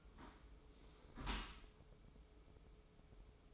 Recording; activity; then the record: daily activity, microphone in the room; close dishwasher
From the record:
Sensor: 1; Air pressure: 995.9 hPa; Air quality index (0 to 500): 62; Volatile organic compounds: 2 ppm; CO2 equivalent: 1229 ppm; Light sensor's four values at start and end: 32/111/43/45 and 32/110/42/45